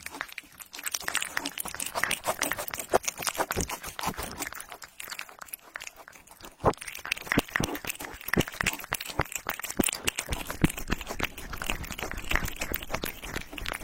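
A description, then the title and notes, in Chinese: A cat eating, with rapid, irregular crunching as it chews dry food. The crisp bites come in dense bursts, pause briefly around four to five seconds, then resume with sharper, louder crunches through the end. A faint steady hiss sits underneath. 猫咪进食。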